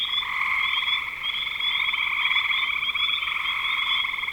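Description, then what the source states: Dense frog chorus, pulsed trilling calls running almost without pause for the whole stretch over a steady high tone. Recorded in spring 2025.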